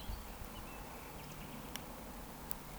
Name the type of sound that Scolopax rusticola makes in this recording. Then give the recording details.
whistle. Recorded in Baden-Württemberg, Germany, on 14 June 2020 at 19:26 UTC. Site 14569, 102 m above sea level